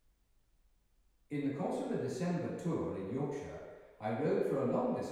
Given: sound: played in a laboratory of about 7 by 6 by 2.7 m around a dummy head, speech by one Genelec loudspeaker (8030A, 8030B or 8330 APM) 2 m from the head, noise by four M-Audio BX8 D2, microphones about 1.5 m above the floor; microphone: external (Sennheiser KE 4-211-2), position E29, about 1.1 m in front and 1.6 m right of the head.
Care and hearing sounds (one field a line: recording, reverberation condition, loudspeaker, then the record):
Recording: male speech in English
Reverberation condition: high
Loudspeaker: 30 degrees to the left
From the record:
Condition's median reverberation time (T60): about 1300 ms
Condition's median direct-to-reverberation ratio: about -4.0 dB